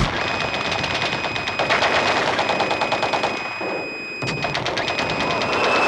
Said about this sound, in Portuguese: E as rajadas de bala rolavam solto.